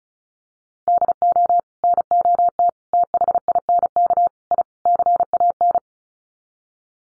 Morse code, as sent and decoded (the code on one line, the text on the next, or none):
-.. --- / -. --- - / - .... .. -. -.- / .. / -.-. .- -.
DO NOT THINK I CAN